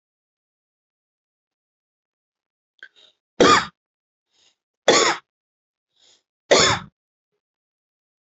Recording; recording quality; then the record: shallow voluntary cough; excellent, no background noise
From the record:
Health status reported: healthy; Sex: male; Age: 32 years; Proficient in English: yes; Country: India